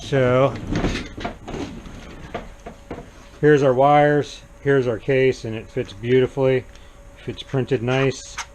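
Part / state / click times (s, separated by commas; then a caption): 3D-printed cable chain case onto 3D printer frame / not seated / none. Someone talks while handling a 3D-printed plastic case for the wire chain of an Ender 5 3D printer, with the wires alongside it. A few short, light knocks of handling come at about 2.4, 2.7 and 2.9 seconds. The case has not yet snapped onto the printer frame, and nothing has seated or clicked yet.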